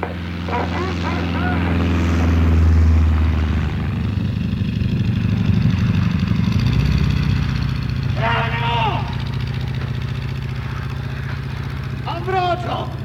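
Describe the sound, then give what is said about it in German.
A propeller airplane drones steadily throughout, a low, loud engine hum with a slight swell midway, while a few short bursts of speech cut in over it. “Ich hab dir das Flugzeug gebracht.”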